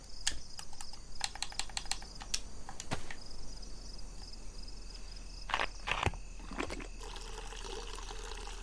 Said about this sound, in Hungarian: Kiöntjük először a vizet, mert nem tudjuk, hogy vajon tiszte-e a víz.